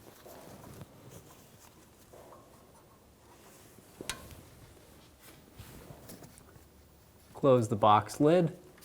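The plastic lid on a wiring junction box near the front wheel of a 2006-2010 BMW 550i is handled after the ABS wheel speed sensor wire is routed into the box during a front sensor replacement. Quiet handling noises and a sharp tap near 4.1 s are heard, and someone talks at the end. The lid has not snapped into place yet, so nothing has seated or clicked.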